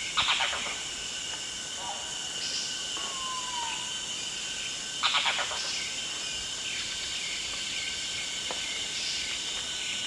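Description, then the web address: Red-bearded bee-eater, harsh rattling bursts about five seconds apart, over a steady insect drone with a brief whistle between them. Recorded at Danum on 1 March 2008. "DANUM 20080301. red-bearded bee-eater"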